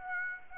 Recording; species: mosquito wingbeat signal from an infrared sensor; Aedes aegypti